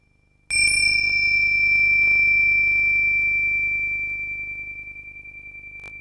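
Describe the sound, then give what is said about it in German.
A pair of small silver hand cymbals, each about 7 to 8 cm across with a domed centre and hung on a leather strap, is gently struck together once, producing a bright, high ringing tone with a steady pitch that sustains and slowly fades over several seconds, with a faint beating shimmer. “Beide hängen an einem Lederbändchen und wenn man sie sacht zusammenstoßen lässt, hört sich das so an.”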